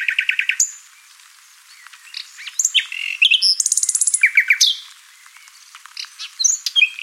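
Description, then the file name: Common nightingale giving a quick series of repeated notes, then a varied phrase with a fast high rattle and slurred whistles, ending in softer scattered chirps. "Luscinia megarhynchos"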